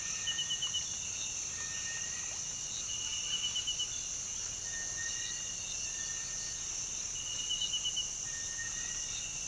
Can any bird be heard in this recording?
no